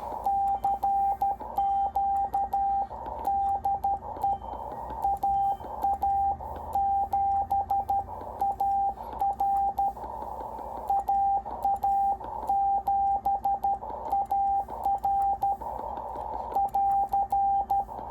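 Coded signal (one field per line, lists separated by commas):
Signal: Morse code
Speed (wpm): 12 wpm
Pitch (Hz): 790 Hz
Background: radio noise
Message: CQDE AA7AR AA7AR <AR>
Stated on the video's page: CW from a NorCal 40B transceiver on the 40 meter band, run on the bench.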